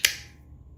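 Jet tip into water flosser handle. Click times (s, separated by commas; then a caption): 0.0 s. A plastic jet tip with a black ring is pushed into the handle of a COSLUS E2 water flosser until it clicks in at 0.1 s. The click is a sharp, bright snap that fades within about a tenth of a second over a low, quiet background. The tip is seated and tight.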